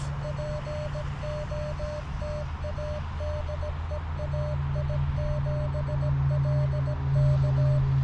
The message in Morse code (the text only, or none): POTA DE AI7LK